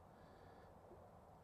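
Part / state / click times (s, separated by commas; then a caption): terminal lock into harness connector / not seated / none. A plastic terminal position lock on a harness connector is squeezed and pushed back down to lock the pins in place during a Ford Raptor steering wheel install on an F250 or F150. Only a steady, low, breathy rustle of handling is heard, with no sharp transients. Nothing has seated or clicked yet by the end of the clip.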